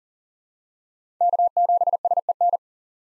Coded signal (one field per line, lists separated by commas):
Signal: Morse code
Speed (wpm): 38 wpm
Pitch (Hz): 700 Hz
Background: none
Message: K7SEN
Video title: 2023 POTA Hunter Call Signs - 40wpm